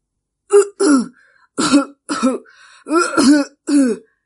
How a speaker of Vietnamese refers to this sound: Sư đàn chủ ốm yếu ho mấy tiếng.